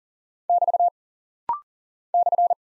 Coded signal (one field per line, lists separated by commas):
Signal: Morse code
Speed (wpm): 39 wpm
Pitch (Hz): 700 Hz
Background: none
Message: <BT> /